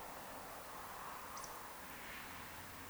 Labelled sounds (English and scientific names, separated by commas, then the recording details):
Eurasian Woodcock (Scolopax rusticola) whistle
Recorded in Baden-Württemberg, Germany, on 2 June 2020 at 20:20 UTC
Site 46190, 1214 m above sea level